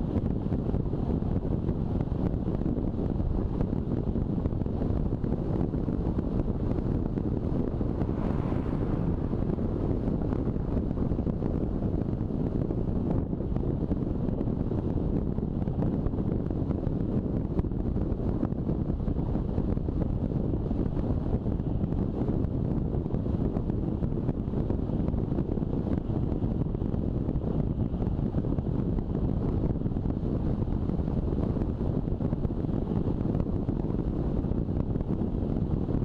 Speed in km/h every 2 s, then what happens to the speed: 39, 39, 39, 39, 38, 38, 38, 38, 37, 37, 38, 38, 37, 37, 36, 36, 36, 36.
0-36 steady at about 38.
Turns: none.